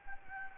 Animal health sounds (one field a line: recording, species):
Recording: mosquito wingbeat signal from an infrared sensor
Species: Anopheles gambiae